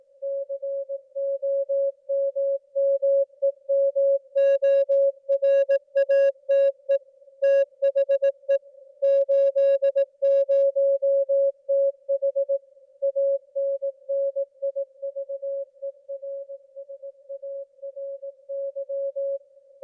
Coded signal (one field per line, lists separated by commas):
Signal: Morse code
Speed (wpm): 18 wpm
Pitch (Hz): 550 Hz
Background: music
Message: COMMEMORATE THE 80TH ANNIVERSARY